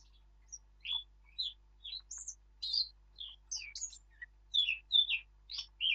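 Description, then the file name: Eurasian blackcap singing a continuous, varied warble of short, high notes, some sliding down, others rising, strung together with brief gaps over six seconds. "Sylvia atricapilla"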